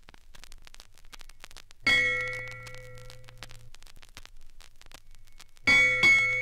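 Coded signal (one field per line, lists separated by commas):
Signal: ship's bell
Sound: one ringing bell strike, a pause, then a quick pair of strikes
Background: record surface crackle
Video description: 1. Ship's Bell - 1 to 8 Bells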